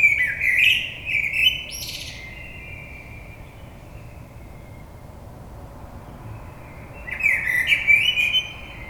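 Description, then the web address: Common blackbird singing a fluted warbling phrase with a high squeaky ending, then a long quiet pause before another phrase begins. Recorded 22 May 2022. "oiseaux Merle 2022 05 22"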